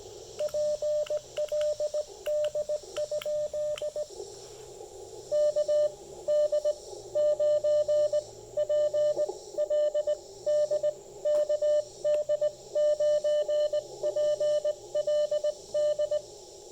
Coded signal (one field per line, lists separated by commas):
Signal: Morse code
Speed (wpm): 18 wpm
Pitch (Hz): 600 Hz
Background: radio noise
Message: PLD? KD9PLD KD9PLD